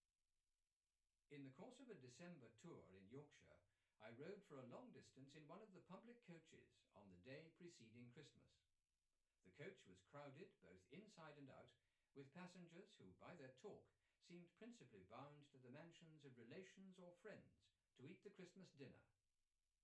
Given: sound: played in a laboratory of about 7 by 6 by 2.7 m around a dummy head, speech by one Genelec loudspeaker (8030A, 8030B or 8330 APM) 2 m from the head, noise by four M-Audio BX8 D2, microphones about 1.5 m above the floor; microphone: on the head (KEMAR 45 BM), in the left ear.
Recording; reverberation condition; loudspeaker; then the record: male speech in English; low; 60 degrees to the right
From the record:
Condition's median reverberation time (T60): about 310 ms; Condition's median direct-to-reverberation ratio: about 3.5 dB